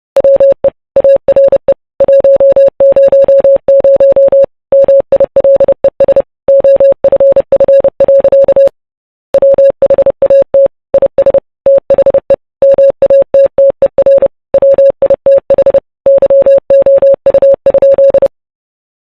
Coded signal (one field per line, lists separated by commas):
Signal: Morse code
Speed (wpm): 29 wpm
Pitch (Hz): 550 Hz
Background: none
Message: WE ARE 100 MILES OFF. WHAT IS THE MATTER WITH YOU?